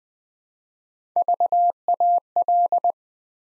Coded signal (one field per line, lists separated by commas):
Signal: Morse code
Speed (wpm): 20 wpm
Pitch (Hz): 700 Hz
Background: none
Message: VAL